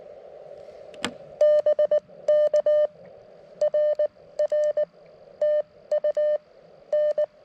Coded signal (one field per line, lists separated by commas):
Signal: Morse code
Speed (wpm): 20 wpm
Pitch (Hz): 600 Hz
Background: none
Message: BK RR TU N